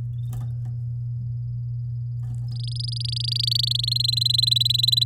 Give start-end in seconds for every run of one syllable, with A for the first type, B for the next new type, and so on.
2.48-3.85 A, 3.87-5.04 B